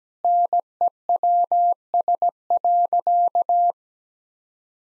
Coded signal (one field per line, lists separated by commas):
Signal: Morse code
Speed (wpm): 17 wpm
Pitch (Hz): 700 Hz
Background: none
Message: NEWS.